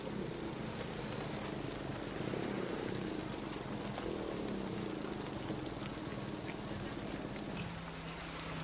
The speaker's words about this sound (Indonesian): Nak, sekarang kan sedang hujan. Kalau kita terus berjalan, nanti kita akan basah.